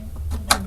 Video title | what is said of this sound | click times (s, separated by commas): Unboxing Test 3DMark Time Spy Benchmark Colorful iGame GeForce® RTX 3060 Ultra W OC 12GB D6 20Mei22 | Kita pasang dulu, ini 8 pin pertama, klek | 0.5 s